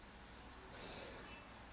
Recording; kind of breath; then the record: one breath in and out by a microphone near the nose and mouth; normal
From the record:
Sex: male